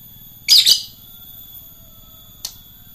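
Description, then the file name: Lovebird chirps: a brief pair of harsh, high shrieky notes, followed by a faint short click-like chirp after a pause. Lovebird chatter in the style known as ngekek. "suara lovebird ngekek"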